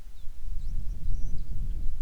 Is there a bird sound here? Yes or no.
yes